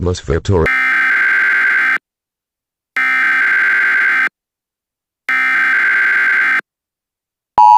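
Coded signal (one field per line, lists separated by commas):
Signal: Emergency Alert System (SAME) tones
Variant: header bursts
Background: speech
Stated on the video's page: Fictional EAS scenario.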